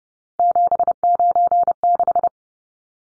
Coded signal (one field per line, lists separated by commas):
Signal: Morse code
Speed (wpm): 30 wpm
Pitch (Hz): 700 Hz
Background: none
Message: 796